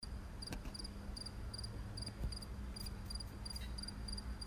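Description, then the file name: Cicada call made of brief, sharp, high pulses in a regular rhythm, about two or three per second, with a steady low hum beneath. "Zikade"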